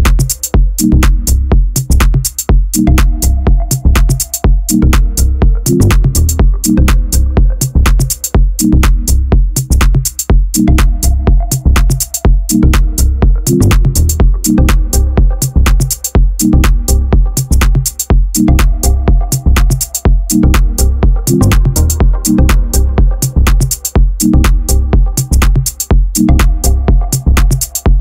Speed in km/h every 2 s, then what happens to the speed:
38, 37, 39, 43, 50, 49, 50, 51, 52, 53, 53, 53, 54, 53.
4-8 speeds up to 50. 8-28 steady at about 52.